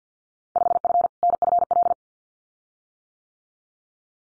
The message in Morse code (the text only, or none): 5F NFL